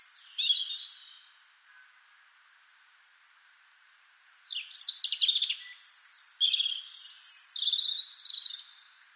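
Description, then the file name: European robin song: a brief high trilling phrase, a pause of about three seconds, then a longer tumbling run of thin whistles and rapid twittering notes that jump between pitches. "Erithacus rubecula"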